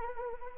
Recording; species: mosquito wingbeat signal from an infrared sensor; Anopheles arabiensis